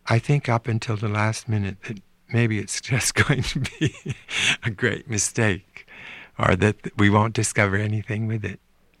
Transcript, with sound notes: I think up until the last minute that maybe it's just going to be...
(LAUGHTER)
...a great mistake, or that we won't discover anything with it.